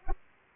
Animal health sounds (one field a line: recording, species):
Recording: mosquito wingbeat signal from an infrared sensor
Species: Anopheles arabiensis